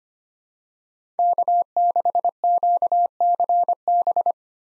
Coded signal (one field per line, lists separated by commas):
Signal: Morse code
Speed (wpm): 25 wpm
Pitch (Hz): 700 Hz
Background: none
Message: K6QCB